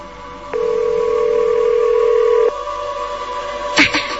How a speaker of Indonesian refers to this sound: Gue mau coba telepon. Ini masih nyambung. Kalau dicuri orang, pasti langsung dimatiin kan? Berarti jatuh dong. Tetap tidak ada tanda-tanda diangkat dari seberang sana. Aku coba telepon lagi.